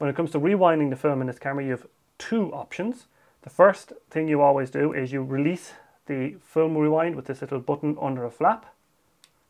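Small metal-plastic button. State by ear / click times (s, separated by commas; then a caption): seated / 9.2 s. Someone talks while pressing the small film-rewind release button under a flap on a Nikon F6 film SLR body until it engages. A short, quiet click is heard at 9.2 seconds as the button clicks in.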